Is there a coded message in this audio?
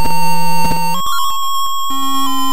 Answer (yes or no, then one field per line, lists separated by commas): no